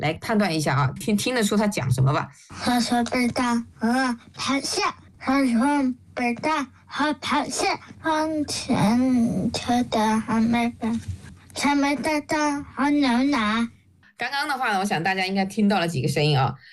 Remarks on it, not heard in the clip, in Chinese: 这个孩子呢，是一个6岁的一个听障的孩子啊。 那么他也是戴了人工耳蜗的，但是训练的时候效果不是特别好啊。 这个孩子的话呢，在说话的时候，不但是构音有错误，就发音不清楚，而且他这个 中间的话，那个节奏也是有问题的，这个韵律感也是比较差的。